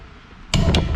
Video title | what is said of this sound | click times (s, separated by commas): Free Mountain Bike Gets Upgrades! (Part 1) | yep okay clicked it's | 0.5 s